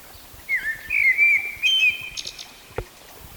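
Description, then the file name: Eurasian blackbird song: one mellow whistled phrase, slightly rising and wavering, closing with thin high twittering notes. "Turdus merula"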